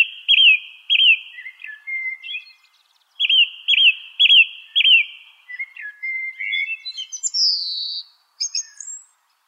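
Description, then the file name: Song thrush delivering repeated whistled phrases, one note given twice then three or four times, softer chattering between, ending with a long falling squeal and thin high notes. "suara kicauan burung song thrush. omkicau"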